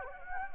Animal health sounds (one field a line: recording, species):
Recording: mosquito wingbeat signal from an infrared sensor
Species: Anopheles gambiae